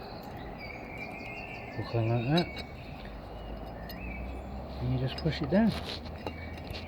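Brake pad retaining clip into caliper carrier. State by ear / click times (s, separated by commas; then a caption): seated / 6.3 s. A metal anti-rattle brake pad retaining clip is pushed down into the rear brake caliper carrier of a Citroen C4 Grand Picasso 1.6 HDi during a rear disc and pad job, while someone talks over chirping insects and birds. A short metallic clink at 6.3 seconds marks the clip snapping and locking into place, fully seated.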